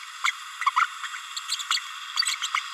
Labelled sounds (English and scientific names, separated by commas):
Green-rumped Parrotlet (Forpus passerinus) babbling